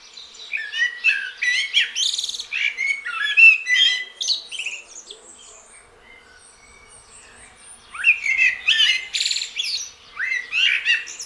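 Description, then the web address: Eurasian blackbird song in two bursts: warbled, fluty notes mixed with high squeaks, a brief quiet gap, then another busy twittering phrase. "SETE data Turdus merula"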